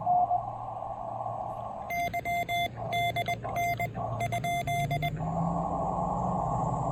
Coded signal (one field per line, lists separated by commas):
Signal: Morse code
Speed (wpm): 20 wpm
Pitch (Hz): 2100 Hz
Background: none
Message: YDN ?